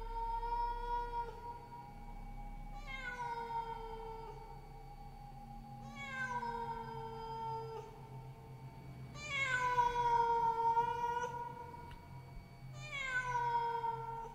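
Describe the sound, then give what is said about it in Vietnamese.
A black cat standing on a wall, pacing back and forth, meows mournfully over and over, five drawn-out, wavering cries with falling pitch, each separated by a short pause, with a low steady hum underneath and no talking. “Thỉnh thoảng, nó cứ đi qua đi lại rồi kêu lên những tiếng thê thiết.”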